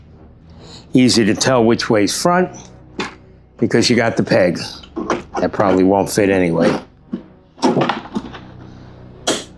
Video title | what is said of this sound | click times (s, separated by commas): Party City Art the Clown (Terrifier) Setup/Review | Ah, that one clicked right in. | 9.3 s